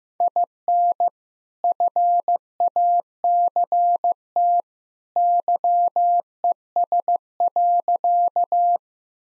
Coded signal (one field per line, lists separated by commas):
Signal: Morse code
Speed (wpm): 15 wpm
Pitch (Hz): 700 Hz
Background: none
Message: IN FACT YES.